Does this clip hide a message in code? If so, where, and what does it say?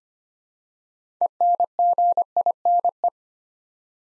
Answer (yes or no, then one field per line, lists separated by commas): yes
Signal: Morse code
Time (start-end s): 1.2-3.1 s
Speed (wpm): 25 wpm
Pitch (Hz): 700 Hz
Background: none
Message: ENGINE